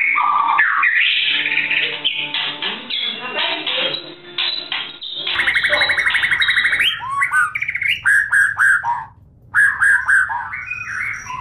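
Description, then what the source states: White-rumped shama song: a dense, muffled jumble of warbles at first, then clearer varied whistled phrases and buzzy notes with short pauses. Masteran training song of a white-rumped shama.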